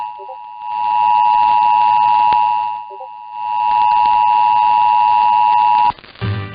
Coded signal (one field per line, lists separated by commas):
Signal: Emergency Alert System (SAME) tones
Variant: 853 and 960 Hz attention tone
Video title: 2 More BOU SVRs (EAS #11124-11125) 5/28/23